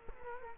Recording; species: mosquito wingbeat signal from an infrared sensor; Culex quinquefasciatus